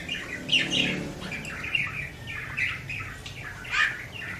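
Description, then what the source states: Oriental magpie-robin song: varied whistled phrases delivered in short bursts. Champion bird singing intensely (gacor); bird-training (masteran) recording.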